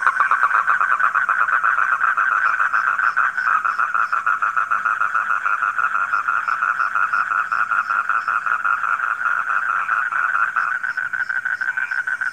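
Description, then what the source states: Massed frog calls forming an even, throbbing trill, quick beats repeating steadily throughout, with faint high chirping notes. Frogs recorded at night.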